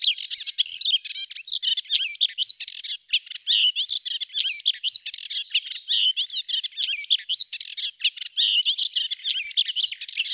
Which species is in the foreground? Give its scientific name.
Hippolais polyglotta